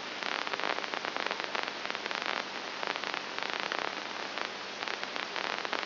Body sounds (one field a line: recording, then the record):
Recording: brain microelectrode recording played as sound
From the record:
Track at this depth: outside the subthalamic nucleus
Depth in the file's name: 0.504 mm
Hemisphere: right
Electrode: 2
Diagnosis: Parkinson's disease